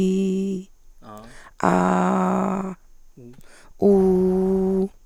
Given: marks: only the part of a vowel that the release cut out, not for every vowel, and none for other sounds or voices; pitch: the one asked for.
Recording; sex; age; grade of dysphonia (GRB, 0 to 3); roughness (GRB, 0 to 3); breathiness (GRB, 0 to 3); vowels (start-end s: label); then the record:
sustained vowels; female; 40 to 49 years; 2; 2; 1
0.00-0.53 s: vowel /i/, normal pitch
1.74-2.52 s: vowel /a/, normal pitch
3.89-4.51 s: vowel /u/, normal pitch
From the record:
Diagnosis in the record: Reinke's edema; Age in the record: 43 years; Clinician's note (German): Beidseitig mit tiefer Stimmlage